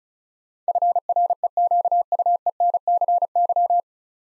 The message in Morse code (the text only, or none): FREQUENCY